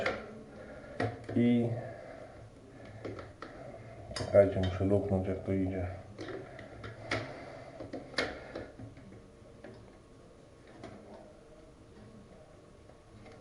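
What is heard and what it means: Someone talks while a mounting clip on a concealed WC frame is handled and pushed toward its place during installation, with sharp knocks and clattering around 1.0, 3.4, 4.2, 7.1 and 8.2 seconds. The clip has not seated or clicked yet.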